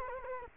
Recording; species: mosquito wingbeat signal from an infrared sensor; Culex quinquefasciatus